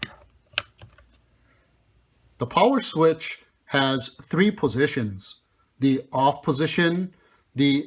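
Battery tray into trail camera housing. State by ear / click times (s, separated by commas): seated / 0.0 s, 0.6 s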